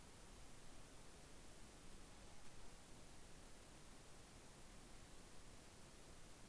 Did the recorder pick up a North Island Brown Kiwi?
no